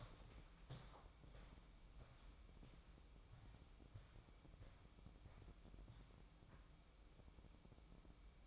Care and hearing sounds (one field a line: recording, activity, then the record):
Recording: daily activity, microphone in the room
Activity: walk to room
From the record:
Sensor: 1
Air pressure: 1008.2 hPa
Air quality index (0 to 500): 141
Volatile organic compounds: 2 ppm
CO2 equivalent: 1186 ppm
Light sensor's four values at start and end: 10/23/9/10 and 10/23/9/10